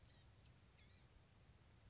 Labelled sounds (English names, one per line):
Blue-gray Gnatcatcher